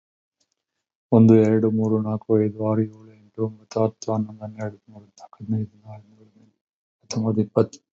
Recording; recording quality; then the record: counting at a fast pace; excellent, no background noise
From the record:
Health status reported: healthy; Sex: male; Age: 52 years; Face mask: not worn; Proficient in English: yes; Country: India